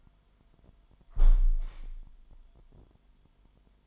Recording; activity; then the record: daily activity, microphone in the room; close window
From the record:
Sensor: 5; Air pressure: 998.7 hPa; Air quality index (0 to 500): 105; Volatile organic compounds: 2 ppm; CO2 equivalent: 1219 ppm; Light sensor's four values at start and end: 50/125/52/59 and 50/124/51/58